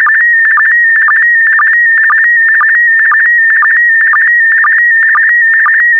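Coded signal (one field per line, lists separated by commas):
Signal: SSTV (slow-scan television)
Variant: PD120 mode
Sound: warbling tone around 1.9 kHz with short low blips about twice a second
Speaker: complete you can now check your decoded image against the picture that is shown on the video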